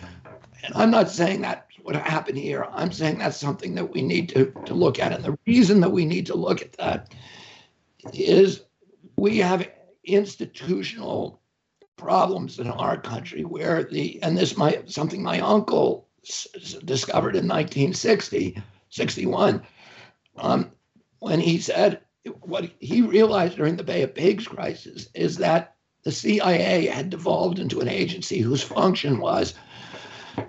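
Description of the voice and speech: Adult male interviewee speaking in an interview; the sound of his voice is due to the spasmodic dysphonia he suffers from.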